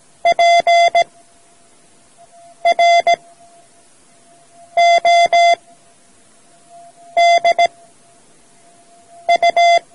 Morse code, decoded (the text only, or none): PRODU